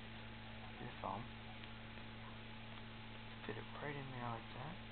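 A person speaks around 0.8–1.3 s and again from 3.5 s over a constant mains hum. A brief faint tick near 1.6 s is the only transient, too weak to mark a connector locking home.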